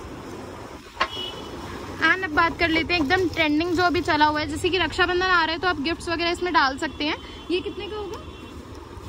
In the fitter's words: पूरा का पूरा बॉक्स आपको ये मिल जाएगा इस तरीके से लॉक हो जाता है काफी अच्छा सेट है ये आप देख सकते हैं और